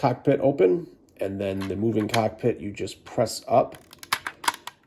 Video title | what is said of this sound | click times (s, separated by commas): Star Wars micro galaxy squadron SLAVE 1 review | and you'll hear it snap into place. | 4.1 s